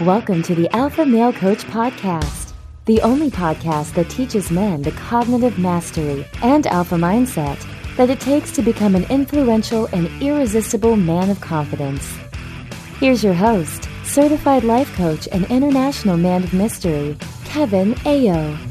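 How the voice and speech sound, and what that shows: A single adult announcer speaks fluently and clearly at a lively, even pace, a normal speaking voice.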